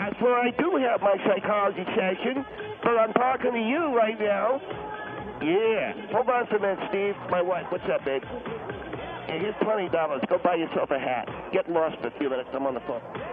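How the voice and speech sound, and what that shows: A man speaks quickly and continuously with thick, muffled articulation. Consonants are blurred or dropped, vowels are nasal, and 'l' sounds are dark. This is an acted speech impediment, performed for a comedy radio bit, that makes it sound as if he is missing his entire tongue.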